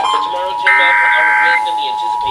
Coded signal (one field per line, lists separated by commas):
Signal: Emergency Alert System (SAME) tones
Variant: header bursts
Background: speech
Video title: First Monthly Test of 2024 - Florida Required Monthly Test for January 2024 (1/19/24) (New EAS 336)